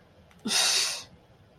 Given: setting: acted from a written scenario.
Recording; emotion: vocal sound without words; anger